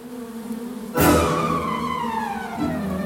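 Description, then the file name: Bee buzz, a soft hum that turns suddenly loud after one second, then drops gradually in pitch as the insect passes. "bienen"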